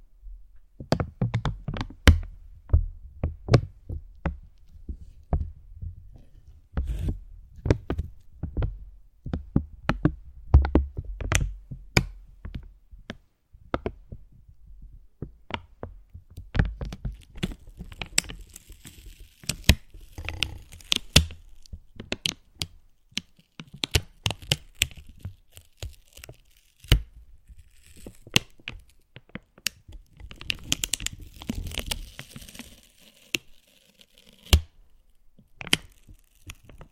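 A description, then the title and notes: Slow, gentle crinkling made of scattered sharp crackles and soft taps at an uneven pace, with dull low thuds underneath through the first half. After about twenty seconds the crinkles turn denser and hissier, with brighter rustling bursts around thirty seconds. ASMR Slow & Gentle Crinkle Triggers. (No Talking).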